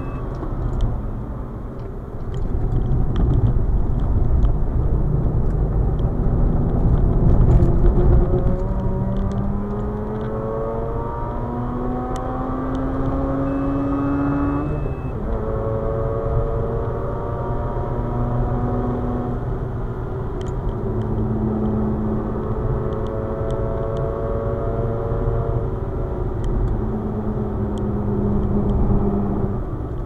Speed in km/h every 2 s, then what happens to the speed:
79, 68, 70, 79, 96, 113, 124, 130, 138, 131, 123, 128, 124, 115, 106.
0-2 brakes to 68. 2-16 speeds up to 138. 16-19 brakes to 123. 23-30 brakes to 106.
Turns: 0-6, 17-27.